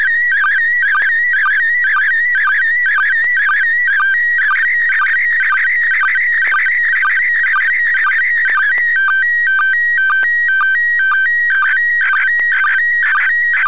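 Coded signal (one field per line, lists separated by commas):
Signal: SSTV (slow-scan television)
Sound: steady warbling tones alternating around two pitches, with short low blips about twice a second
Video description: Λήψη SSTV από τον διεθνή διαστημικό σταθμό (ISS) στα 2m (145.800)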